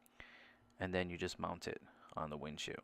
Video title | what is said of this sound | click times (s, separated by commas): AUKEY Dash Cam, 1080P Unboxing Quick Look | so again you just clip it in you hear a clip and then | 0.2 s